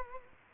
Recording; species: mosquito wingbeat signal from an infrared sensor; Culex quinquefasciatus